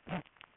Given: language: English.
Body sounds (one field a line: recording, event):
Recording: throat vibration sensor signal played as sound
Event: throat clearing